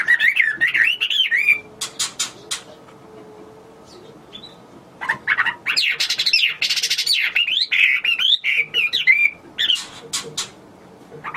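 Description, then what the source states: Hwamei song with bursts of rich, rolling whistles and harsh notes, a quieter gap, then a long varied warbling phrase. Recorded in China.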